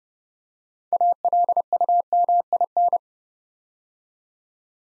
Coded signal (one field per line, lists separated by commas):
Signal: Morse code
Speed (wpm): 30 wpm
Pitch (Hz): 700 Hz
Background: none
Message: ALUMIN